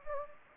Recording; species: mosquito wingbeat signal from an infrared sensor; Anopheles gambiae